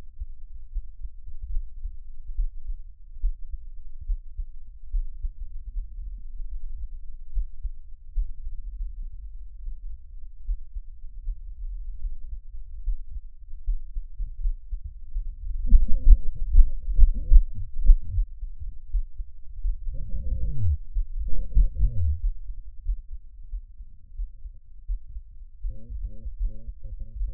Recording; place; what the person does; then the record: lung sounds by stethoscope; trachea; quiet breathing, then cough and speech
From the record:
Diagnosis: none (healthy); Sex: male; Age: 45 years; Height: 173 cm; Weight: 92 kg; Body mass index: 30.7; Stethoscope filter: bell mode